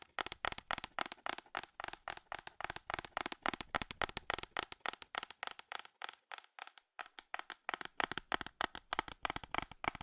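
Fast, furious tapping on metal, a rapid stream of sharp, bright clicks at roughly four or five per second that barely lets up. Each hit rings briefly with a thin metallic tone, and the rhythm stays busy and slightly uneven throughout.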